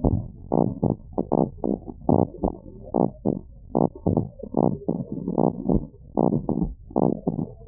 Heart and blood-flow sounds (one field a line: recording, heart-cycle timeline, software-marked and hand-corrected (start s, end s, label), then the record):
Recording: heart sounds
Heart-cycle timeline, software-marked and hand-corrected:
0.00	0.04	systole
0.04	0.19	S2
0.19	0.59	diastole
0.59	0.71	S1
0.71	0.89	systole
0.89	0.97	S2
0.97	1.39	diastole
1.39	1.49	S1
1.49	1.67	systole
1.67	1.77	S2
1.77	2.17	diastole
2.17	2.27	S1
2.27	2.45	systole
2.45	2.53	S2
2.53	2.97	diastole
2.97	3.09	S1
3.09	3.27	systole
3.27	3.37	S2
3.37	3.81	diastole
3.81	3.93	S1
3.93	4.13	systole
4.13	4.25	S2
4.25	4.63	diastole
4.63	4.77	S1
4.77	4.95	systole
4.95	5.05	S2
5.05	5.43	diastole
5.43	5.53	S1
5.53	5.69	systole
5.69	5.83	S2
5.83	6.31	diastole
6.31	6.43	S1
6.43	6.61	systole
6.61	6.69	S2
6.69	7.03	diastole
7.03	7.15	S1
7.15	7.35	systole
7.35	7.47	S2
7.47	7.68	diastole
From the record:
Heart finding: normal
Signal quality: good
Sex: male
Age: 66 years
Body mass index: 18